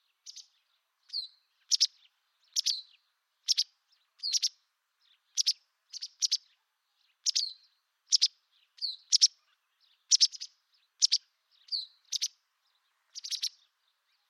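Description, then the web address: Bird calling with many short, sharp, high chirps in an uneven series, some notes downslurred and others clipped, with no other sounds. "Bird Only"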